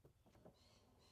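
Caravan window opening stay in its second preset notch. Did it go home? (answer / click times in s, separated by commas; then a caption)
no / none. An Aussie Traveller EuroVision 2 caravan window is pushed open further so its opening stay moves toward the second preset opening. Soft handling and rubbing sounds rise to a brief louder scrape near 0.5 s, with a faint steady high tone underneath. The stay has not clicked or locked into its second notch yet.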